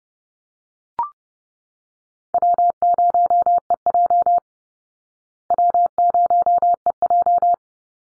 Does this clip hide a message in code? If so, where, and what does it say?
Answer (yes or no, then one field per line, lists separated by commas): yes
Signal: Morse code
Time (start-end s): 2.3-7.5 s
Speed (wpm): 30 wpm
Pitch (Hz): 700 Hz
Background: none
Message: W0EJ W0EJ